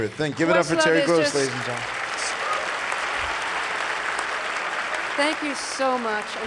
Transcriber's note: applause